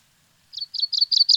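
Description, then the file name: Common chaffinch song opening: five bright, high notes repeated about every fifth of a second, growing louder, with no other clear sounds. "Fringilla coelebs"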